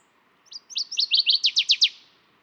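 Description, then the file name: Northern waterthrush song: a loud, ringing series of sharp notes ending in several emphatic downslurred chips, lasting about one and a half seconds. "Northern Waterthrush - Parkesia noveboracensis"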